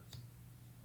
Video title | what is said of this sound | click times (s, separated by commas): Rough Ryder G -10 Bow Trapper Review (Super Affordable Slipjoint) | this one doesn't really snap and you can see how it got like stuck there | 0.1 s